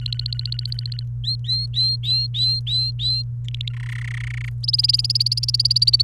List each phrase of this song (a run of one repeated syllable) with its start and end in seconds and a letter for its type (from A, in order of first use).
0.00-1.03 A, 1.24-3.22 B, 3.45-3.72 A, 3.73-4.49 C, 4.63-6.02 D